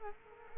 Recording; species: mosquito wingbeat signal from an infrared sensor; Culex quinquefasciatus